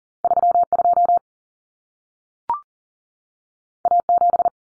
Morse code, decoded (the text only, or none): 32 A7